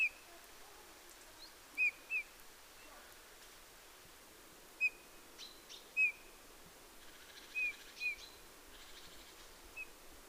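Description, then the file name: Eurasian bullfinch giving soft, short piping whistles, some in quick pairs, others single, scattered throughout. "Pyrrhula pyrrhula"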